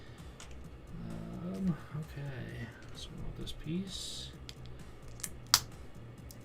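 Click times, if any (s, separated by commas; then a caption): 5.5 s. Someone talks while building a platform for a BrickHeadz 40477 Scrooge McDuck, Huey, Dewey and Louie figure, then presses a plastic building brick onto the studs of a brick platform. A sharp, loud click is heard at 5.5 s as the brick seats onto the platform.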